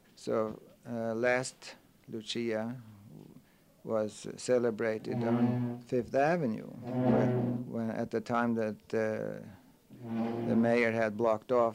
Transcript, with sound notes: So last Lucia was celebrated on ( a chair scraping on the floor can be heard on the tape ) Fifth Avenue where, at the time that the mayor had blocked off